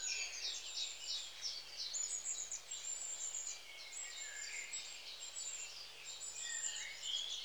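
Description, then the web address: Long-tailed tits calling constantly, with high thin notes and buzzy trills from a small flock running together in steady chatter. "The BBC Sound Effects Library. Long Tailed TIT"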